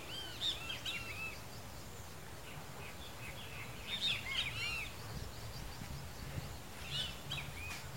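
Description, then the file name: Rusty-margined flycatcher song: several bursts of arched, slurred whistled notes in quick clusters, over a steady low rumble. "canto do bentevizinho de asa ferruginea"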